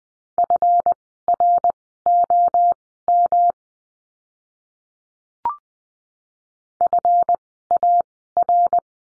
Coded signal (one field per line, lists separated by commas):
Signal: Morse code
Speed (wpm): 20 wpm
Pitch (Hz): 700 Hz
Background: none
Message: FROM FAR